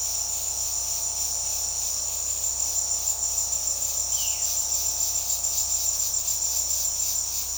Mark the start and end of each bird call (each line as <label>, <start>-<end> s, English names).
Violaceous Jay, 4.04-4.46 s